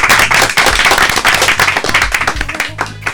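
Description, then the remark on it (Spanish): A crowd applauds for the national anthem, dense overlapping claps forming a steady, loud wash of noise that carries on without pause for about three seconds. “nos faltaron los aplausos para este himno nacional.”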